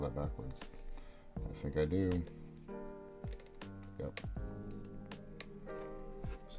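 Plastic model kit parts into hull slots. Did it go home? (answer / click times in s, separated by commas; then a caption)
yes / 4.2 s, 5.4 s. Someone talks over background music while turning a backwards plastic model kit part around and pressing plastic parts into their hull slots. Two sharp snaps are heard at 4.2 s and 5.4 s as the parts click into place and seat.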